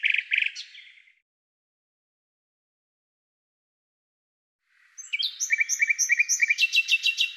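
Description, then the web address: Bird song: a few short trilled notes, a long silence, then a complex phrase of chirps and rapid trills. "Deverinetal 2025"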